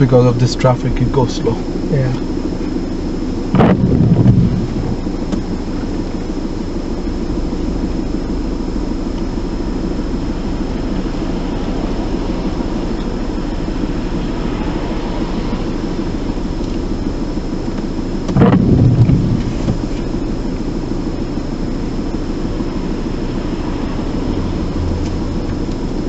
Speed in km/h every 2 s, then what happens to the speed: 0, 0, 0, 0, 0, 0, 0, 0, 0, 0, 0, 0, 0.
0-26 standing.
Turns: none.